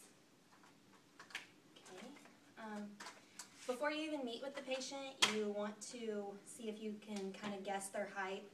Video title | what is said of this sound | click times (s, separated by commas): PT/Nursing Simulation | them up them down and make sure it clicks okay | 1.3 s